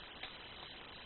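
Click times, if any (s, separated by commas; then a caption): 0.2 s. The plastic leg panel sections of a Transformers Revenge of the Fallen Optimus Prime figure are pulled apart by hand. A single short, sharp snap at 0.2 s stands out over steady low background noise, and the leg sections pop apart.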